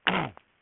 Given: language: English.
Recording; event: throat vibration sensor signal played as sound; throat clearing